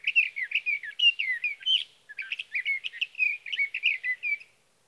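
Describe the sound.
Sage thrasher song, a continuous rambling warble of varied warbled and slurred notes lasting over four seconds, with a brief pause midway; no other sounds.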